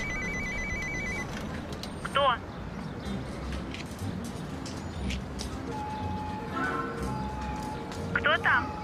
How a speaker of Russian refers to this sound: выходит из джипа и идет к подъезду. Звонит в домофон.